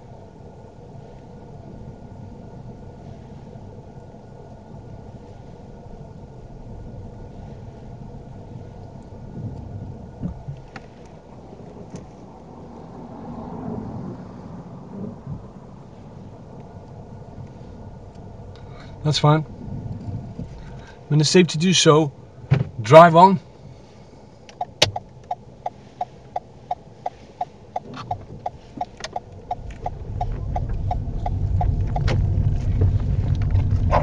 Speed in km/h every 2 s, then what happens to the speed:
0, 0, 2, 2, 0, 0, 0, 0, 0, 0, 0, 0, 0, 0, 5, 10, 10.
0-26 standing. 26-34 pulls away to 10.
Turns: none.